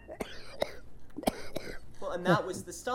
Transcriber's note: coughs